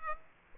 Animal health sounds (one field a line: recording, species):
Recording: mosquito wingbeat signal from an infrared sensor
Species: Aedes aegypti